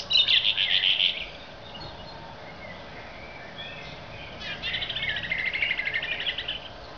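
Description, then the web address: Song Thrush song: two rapid, buzzy trilled phrases, the second longer and softer, separated by a few seconds of faint twittering. "Zingende lijster"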